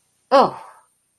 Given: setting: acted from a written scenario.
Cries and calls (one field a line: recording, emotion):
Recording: vocal sound without words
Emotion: negative surprise